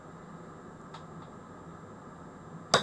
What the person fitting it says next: turn it anti-clockwise till it clicks and then it's back on